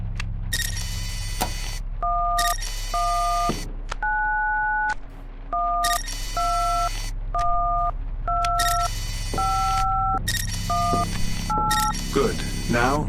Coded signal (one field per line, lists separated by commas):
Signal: DTMF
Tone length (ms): 550 ms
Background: speech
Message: 1191212518